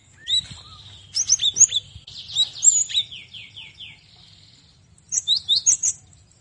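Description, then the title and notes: Cinereous tit singing a varied phrase of sharp high notes and a rapid falling series, then a short burst of repeated chirps. Masteran tutor recording, made for training songbirds to learn this song. "Masteran Gelatik Batu. burung gelatik"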